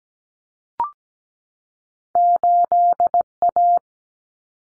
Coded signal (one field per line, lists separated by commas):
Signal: Morse code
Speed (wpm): 17 wpm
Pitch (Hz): 700 Hz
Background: none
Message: 8A